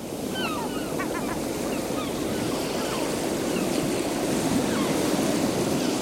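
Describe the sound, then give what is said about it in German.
Waves of the sea off Stockholm wash against the shore in a steady, unbroken roar, with a few faint high chirping calls threading through the surf early on. “Das Meer vor Stockholm mit seinen 150 bewohnten Schäreninseln bildet die Quelle der frühen Gedichte.”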